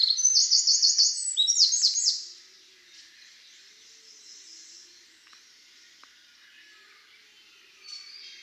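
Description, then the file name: Eurasian wren singing a loud, rapid trilling burst of high notes for about two seconds, then near silence with faint chirps. "Troglodytes troglodytes"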